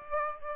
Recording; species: mosquito wingbeat signal from an infrared sensor; Aedes aegypti